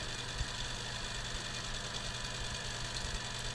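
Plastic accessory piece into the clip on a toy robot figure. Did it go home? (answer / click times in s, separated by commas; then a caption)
no / none. A plastic accessory piece is handled and lined up at the clip on a toy robot figure before being pushed home. A steady broadband hum runs throughout, with a few faint low thumps from handling around 0.4, 1.4 and 3.1 s. Nothing has snapped or clicked into place yet.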